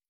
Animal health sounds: hydrophone in a shrimp aquaculture tank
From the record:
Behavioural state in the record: starved

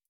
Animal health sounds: hydrophone in a shrimp aquaculture tank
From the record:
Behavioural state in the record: feeding

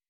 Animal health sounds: hydrophone in a shrimp aquaculture tank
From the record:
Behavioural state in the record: weakened

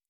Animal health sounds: hydrophone in a shrimp aquaculture tank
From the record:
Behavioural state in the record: normal

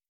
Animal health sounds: hydrophone in a shrimp aquaculture tank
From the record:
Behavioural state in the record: starved

